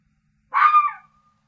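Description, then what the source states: Fox uttering a single rasping, slightly drawn-out bark that fades with a thin trailing tone, against a quiet background. Forest.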